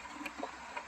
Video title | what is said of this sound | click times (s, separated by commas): review of my 2021 Can am ryker 900 ace | Turns, locks into place. Now you're good. | 0.3 s, 0.8 s